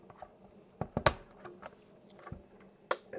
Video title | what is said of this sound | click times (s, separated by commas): Wavlink Dual Bay HDD/SSD Docking Station Review & Unboxing - 2x20TB Support, USB 3.0, Offline Clone | so and they snap in place so they're in | 1.1 s, 2.9 s